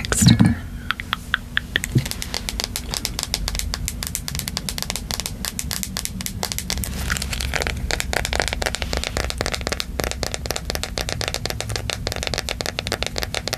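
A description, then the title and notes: Aggressive tapping, a fast and irregular stream of sharp clicks and knocks that grows denser and more rapid after the first few seconds. A louder knock opens the clip, and a low steady hum runs underneath throughout. Tapping, Calming Triggers. Aggressive Tapping.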